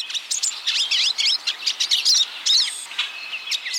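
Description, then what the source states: Pine siskins chattering: a busy flock of high, buzzy twitters and rising zipping notes, several birds calling over one another. Hungry pine siskins at a thistle feeder.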